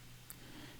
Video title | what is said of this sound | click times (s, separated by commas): How To Install BRP USB on 2021 Sea Doo Fish Pro and GTX | you want to push these things in until they click | 0.3 s